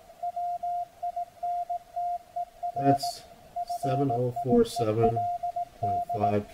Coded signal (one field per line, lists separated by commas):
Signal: Morse code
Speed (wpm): 18 wpm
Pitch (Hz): 700 Hz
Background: speech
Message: WINTER FIELD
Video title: Decoding CW with Multipsk and SDRplay RSPdx receiver on 7047505 KHz